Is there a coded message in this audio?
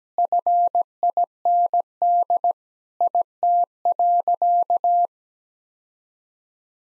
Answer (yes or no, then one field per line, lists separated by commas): yes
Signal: Morse code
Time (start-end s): 0.2-5.1 s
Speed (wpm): 17 wpm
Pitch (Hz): 700 Hz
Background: none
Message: FIND IT.